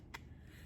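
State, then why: Seated. KastKing AlumaStream 7.5-inch aluminum fishing pliers are pushed into their plastic holster sleeve, which can be suction-cupped to something. A single sharp, bright click at 0.15 s stands out over a low, steady background rumble. The pliers pop all the way in and lock in place so they don't fall out.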